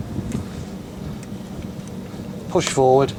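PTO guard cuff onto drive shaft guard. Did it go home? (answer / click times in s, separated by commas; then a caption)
no / none. A plastic PTO guard cuff is lined up so its two white clips match the drive shaft guard before being pushed forward, with faint handling knocks near 0.3 s and 1.2 s over steady low background noise. Near the end, someone talks. Nothing has clicked into place yet.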